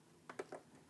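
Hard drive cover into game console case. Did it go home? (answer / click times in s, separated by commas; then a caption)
yes / 0.3 s, 0.4 s. A plastic hard drive bay cover is lined up on a PlayStation 4 Slim console case and slid to the left until it locks. Two sharp clicks at 0.3 and 0.4 seconds are followed by a softer tap at about 0.55 seconds, and the cover is seated in place.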